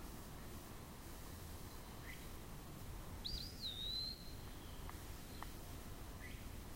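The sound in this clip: Eastern wood-pewee with one drawn-out whistled phrase, up-slurred then falling and fading, among faint short chips and low steady noise.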